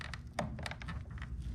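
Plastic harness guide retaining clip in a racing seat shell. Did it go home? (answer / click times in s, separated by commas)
released / 0.4 s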